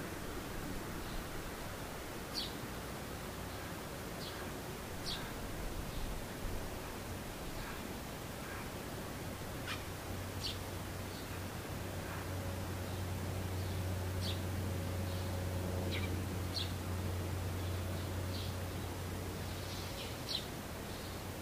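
Birds call in short, high chirps scattered through the clip, roughly every second or two, some sharper and brighter than others. Beneath them runs a steady, dense hiss with a low hum that grows slightly louder after the midpoint.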